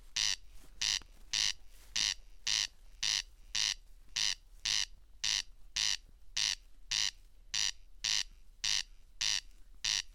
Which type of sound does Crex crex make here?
song